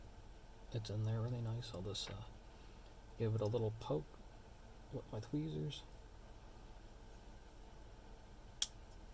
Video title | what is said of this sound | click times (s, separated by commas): Athearn Genesis SD-70m Part 3. New greese and oil. | y click there click on that end | 8.6 s